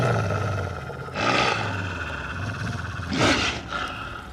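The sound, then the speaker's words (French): Low, rumbling snarls from two wolves baring their fangs, in the 2024 film Le Comte de Monte Cristo, run throughout, swelling into two harsher, louder growling bursts, one early and one near the end. No one speaks. “Les loups montrent les crocs.”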